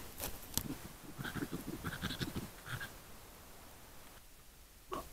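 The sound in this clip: Wolverine giving short, rough grunting calls in quick irregular bursts for about three seconds, then a quiet gap before one last grunt at the end.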